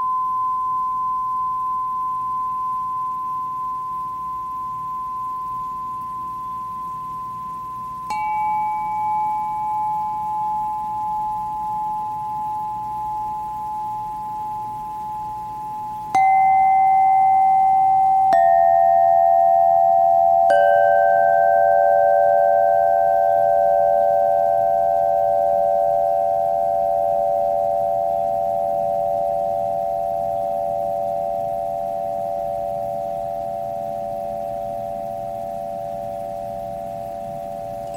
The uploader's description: singing bowl, ocean drum, gong, and fire chimes